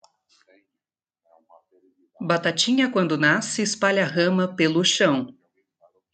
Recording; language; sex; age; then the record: short text; Brazilian Portuguese; female; 20 to 29 years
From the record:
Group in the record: control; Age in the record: 25 years